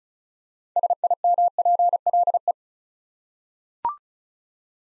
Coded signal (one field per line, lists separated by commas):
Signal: Morse code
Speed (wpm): 36 wpm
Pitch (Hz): 700 Hz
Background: none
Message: SIMPLE